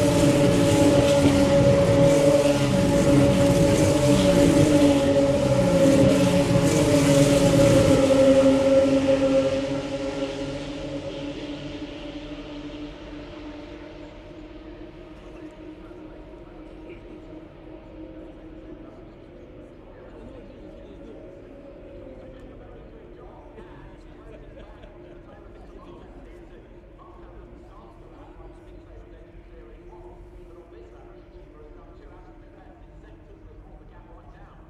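Formula 3 race cars roar past loudly for about ten seconds, then the engine whine fades to a quieter, steady drone with murmuring voices.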